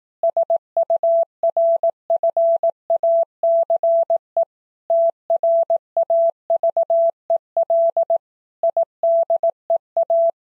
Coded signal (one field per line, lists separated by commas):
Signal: Morse code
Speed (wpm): 18 wpm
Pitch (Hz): 670 Hz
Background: none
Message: SURFACE TRAVEL IDEA